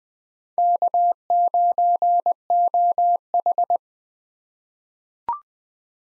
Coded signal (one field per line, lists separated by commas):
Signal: Morse code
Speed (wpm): 20 wpm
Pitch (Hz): 700 Hz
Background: none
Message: K9OH